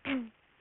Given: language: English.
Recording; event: throat vibration sensor signal played as sound; throat clearing